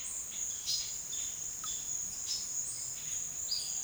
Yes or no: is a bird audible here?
yes